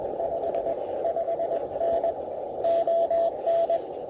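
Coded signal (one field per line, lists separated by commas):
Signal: Morse code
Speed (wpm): 21 wpm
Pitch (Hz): 670 Hz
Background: radio noise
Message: 55N ON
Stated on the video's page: CW from an Elecraft KH1 on a 41 ft end-fed random wire instead of its whip, with improved SNR.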